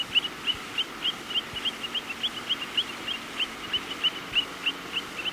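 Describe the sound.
Long-billed plover: quick high whistled notes repeated about three times each second, against a hissing, rumbling background.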